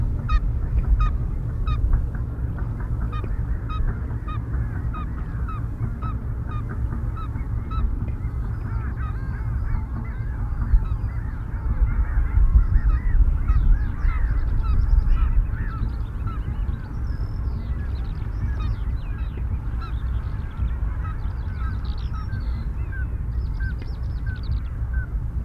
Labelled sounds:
Common Scoter (Melanitta nigra) call

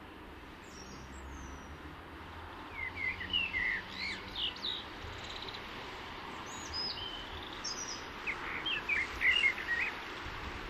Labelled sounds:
Common Blackbird (Turdus merula) song

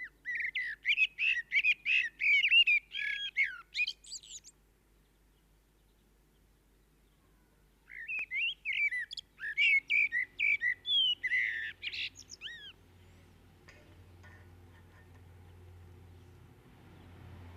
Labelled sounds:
Common Blackbird (Turdus merula) song

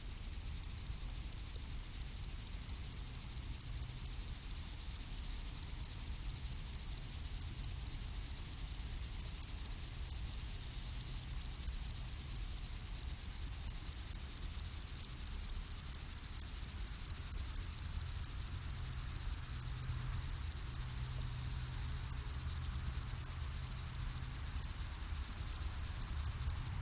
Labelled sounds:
Upland Field Grasshopper (Chorthippus apricarius) stridulation

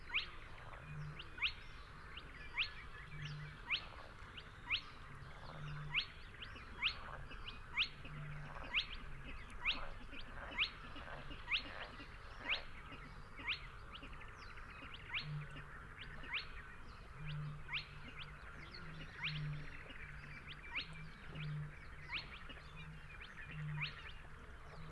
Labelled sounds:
Spotted Crake (Porzana porzana) song

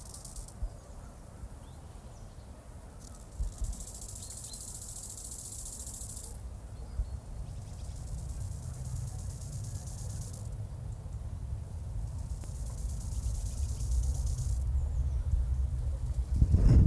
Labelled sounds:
Bow-winged Grasshopper (Chorthippus biguttulus) stridulation

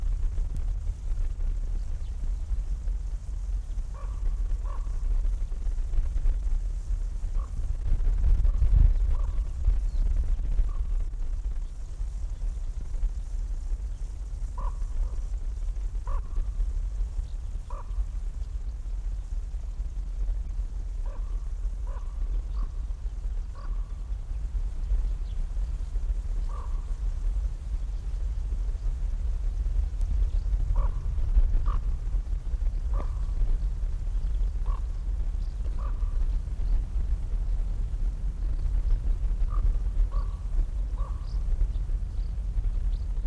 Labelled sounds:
Upland Field Grasshopper (Chorthippus apricarius) stridulation

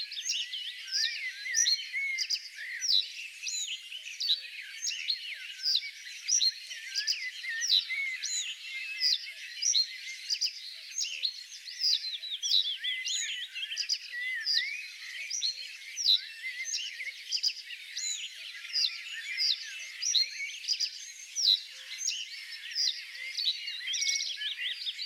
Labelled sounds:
Reed Bunting (Emberiza schoeniclus) song

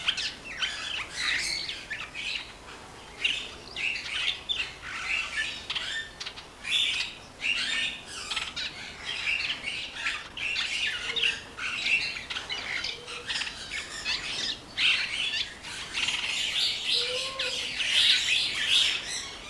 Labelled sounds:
Yellow-winged Pytilia (Pytilia hypogrammica) song

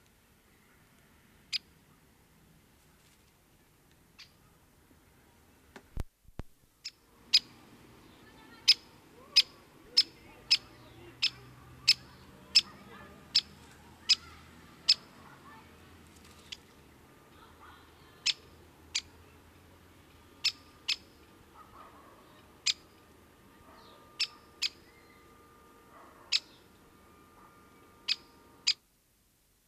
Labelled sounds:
Great Spotted Woodpecker (Dendrocopos major) call

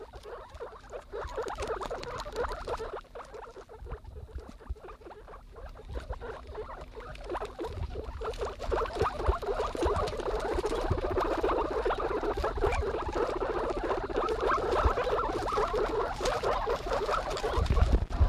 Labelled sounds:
Guinea Pig (Cavia porcellus) call

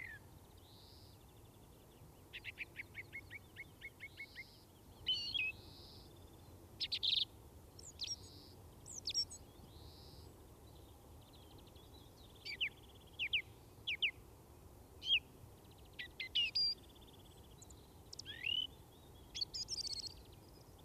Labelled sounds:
Song Thrush (Turdus philomelos) song

